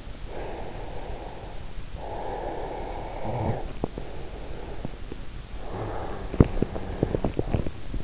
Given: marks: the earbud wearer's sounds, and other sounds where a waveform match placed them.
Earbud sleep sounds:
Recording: sounds in sleep by an in-ear microphone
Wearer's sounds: breath, snoring breath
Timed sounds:
0.18-1.92 s: breath
1.92-5.18 s: snoring breath
5.67-7.96 s: breath

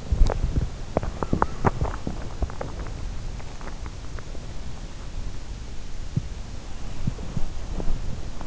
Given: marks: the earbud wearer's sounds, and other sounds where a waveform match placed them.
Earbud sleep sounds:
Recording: sounds in sleep by an in-ear microphone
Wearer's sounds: teeth grinding, body movement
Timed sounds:
0.17-3.10 s: teeth grinding
6.59-8.47 s: body movement

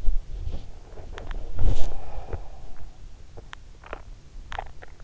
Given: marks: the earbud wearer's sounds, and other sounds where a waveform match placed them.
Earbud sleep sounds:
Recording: sounds in sleep by an in-ear microphone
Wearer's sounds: body movement, teeth grinding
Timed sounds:
0.39-5.04 s: body movement
1.06-2.49 s: teeth grinding
3.31-4.87 s: teeth grinding

